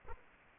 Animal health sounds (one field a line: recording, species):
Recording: mosquito wingbeat signal from an infrared sensor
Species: Aedes aegypti